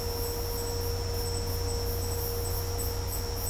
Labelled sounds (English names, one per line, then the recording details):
none
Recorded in dense forest near Puerto Asís, Putumayo, Colombia, on 22 December 2024 at 17:30
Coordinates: 0.503, -76.323
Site G043